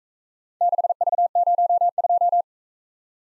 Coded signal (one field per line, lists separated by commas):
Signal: Morse code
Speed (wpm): 42 wpm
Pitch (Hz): 700 Hz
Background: none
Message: 6V02